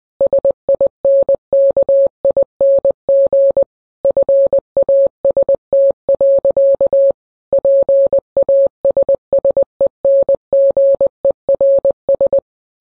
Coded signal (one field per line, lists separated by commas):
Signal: Morse code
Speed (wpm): 20 wpm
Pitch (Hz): 550 Hz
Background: none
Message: SINKING FAST. PASSENGERS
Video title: The last transmission of The R.M.S Titanic in Morse Code